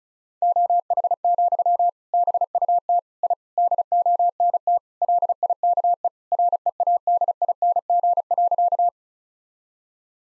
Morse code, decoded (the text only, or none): OH, BUT I DONT LIKE READING.